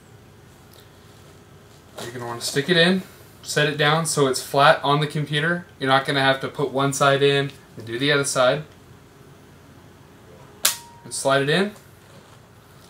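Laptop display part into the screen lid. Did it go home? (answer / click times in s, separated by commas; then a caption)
yes / 10.7 s. During a screen replacement on a Dell Inspiron 15R (N5010) laptop, someone talks while sliding the display part into the screen lid one side at a time. A sharp, loud snap at 10.7 s marks one side of the display part seating in place.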